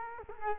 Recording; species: mosquito wingbeat signal from an infrared sensor; Culex quinquefasciatus